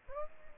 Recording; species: mosquito wingbeat signal from an infrared sensor; Aedes aegypti